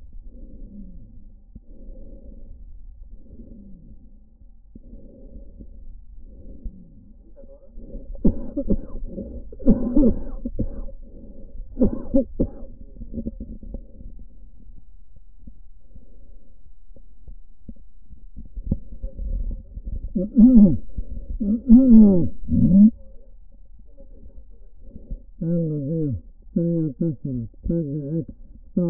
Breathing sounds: lung sounds by stethoscope; left anterior apical chest; quiet breathing, then cough and speech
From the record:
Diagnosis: COPD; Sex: male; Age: 75 years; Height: 182 cm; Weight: 98 kg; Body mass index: 29.6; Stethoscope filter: diaphragm mode

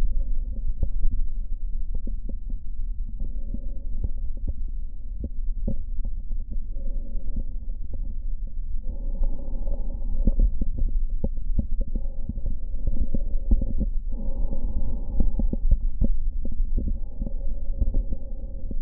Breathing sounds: lung sounds by stethoscope; left posterior basal chest; quiet breathing, then deep breathing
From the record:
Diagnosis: interstitial lung disease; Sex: male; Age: 66 years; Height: 164 cm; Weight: 76.2 kg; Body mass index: 28.3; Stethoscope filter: diaphragm mode

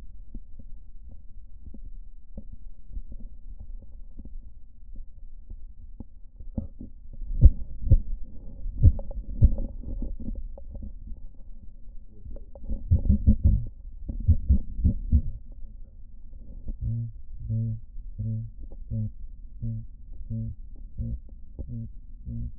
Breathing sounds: lung sounds by stethoscope; right posterior basal chest; quiet breathing, then cough and speech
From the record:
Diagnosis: none (healthy); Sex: male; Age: 23 years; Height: 185 cm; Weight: 93 kg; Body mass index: 27.2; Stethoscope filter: diaphragm mode

